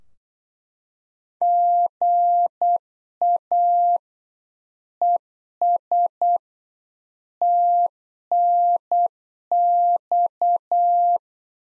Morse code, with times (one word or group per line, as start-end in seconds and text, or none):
1.4-4.0 GA
5.0-6.4 ES
7.4-11.2 TNX